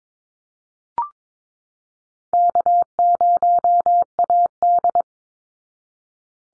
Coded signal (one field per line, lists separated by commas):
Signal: Morse code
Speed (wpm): 22 wpm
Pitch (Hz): 700 Hz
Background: none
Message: K0AD